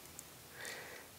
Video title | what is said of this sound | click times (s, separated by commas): IBM ThinkPad R60: How to Remove / Replace Hard Drive | once you can push it in and everything clicks into place | 0.2 s